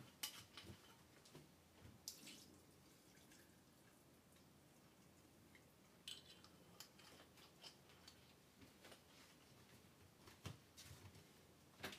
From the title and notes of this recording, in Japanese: 環境音 ナスのトマト煮込み。ベーコンの代わりにちくわをいれてみました。